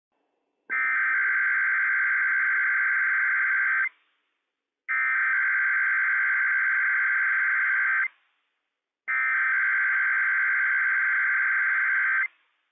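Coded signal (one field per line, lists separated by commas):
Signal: Emergency Alert System (SAME) tones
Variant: header bursts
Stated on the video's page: Required Weekly Test from the civil authorities on NOAA Weather Radio transmitter WWF56 for the Inland Northwest; operational tones.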